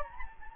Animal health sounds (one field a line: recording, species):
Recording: mosquito wingbeat signal from an infrared sensor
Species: Anopheles gambiae